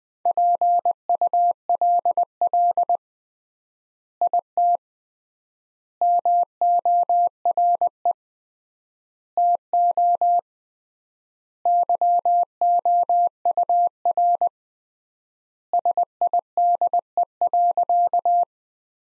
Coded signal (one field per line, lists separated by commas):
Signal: Morse code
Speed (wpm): 20 wpm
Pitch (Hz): 700 Hz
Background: none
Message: PULL IT MORE TO YOUR SIDE.